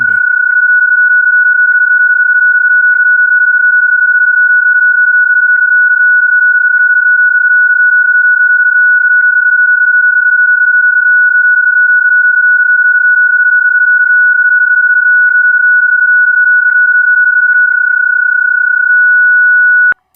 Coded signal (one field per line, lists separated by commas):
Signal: PSK31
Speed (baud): 31.25 baud